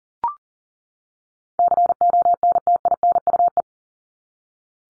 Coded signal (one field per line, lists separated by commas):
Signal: Morse code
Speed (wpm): 40 wpm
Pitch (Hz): 700 Hz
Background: none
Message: CONTINUE